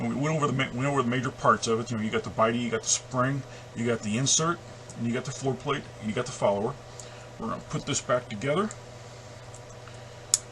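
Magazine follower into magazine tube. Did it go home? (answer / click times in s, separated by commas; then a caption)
yes / 10.3 s. A man talks while reassembling a Smith & Wesson Sigma pistol magazine, whose follower is pushed into the metal magazine tube. After the talking stops, a single sharp click is heard at 10.3 s as the part snaps into place.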